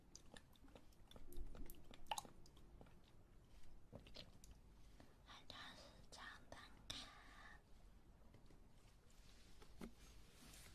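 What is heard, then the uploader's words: An ear massage with soft rubbing and scratchy crackles, punctuated by sharp clicks scattered throughout. Longer bright swishing strokes come around the middle, from about five to eight seconds, over a steady low rumble that never stops. Ear Massage.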